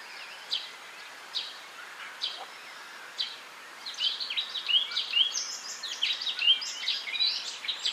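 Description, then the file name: Eurasian blackcap song: spaced scratchy notes for about four seconds, then a rapid, dense chattering warble of high, varied notes over a steady background hiss. "Sylvia atricapilla"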